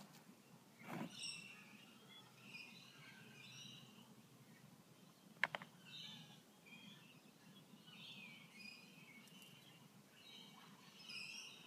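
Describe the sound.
Bird chirps, short high tweets scattered throughout in loose bursts, over steady low background hum with a couple of sharp knocks.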